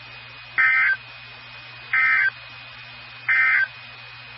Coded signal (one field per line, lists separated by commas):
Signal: Emergency Alert System (SAME) tones